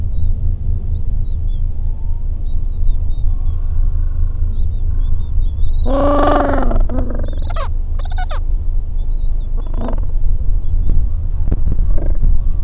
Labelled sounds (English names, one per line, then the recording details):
Gentoo Penguin
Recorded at the colony at Godthul, on 25 December 2014
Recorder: Song Meter SM2+